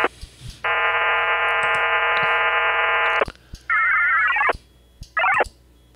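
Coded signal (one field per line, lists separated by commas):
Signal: HF data modem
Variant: VARA FM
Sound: long dense buzzing data block, then two shorter warbling data bursts with pauses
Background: radio squelch clicks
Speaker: it's handshaking it's getting set up I can see that in the session window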